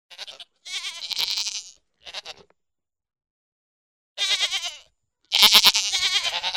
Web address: Goats -Pigmy